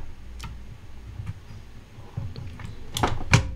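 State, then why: Seated. A plastic mounting bracket on an AIO liquid cooler pump block is pressed and gripped onto the CPU socket mount of a motherboard. Faint taps and handling noise build to a couple of sharper clacks around 3.0 s. A loud, crisp click at 3.3 s shows the bracket has seated in place.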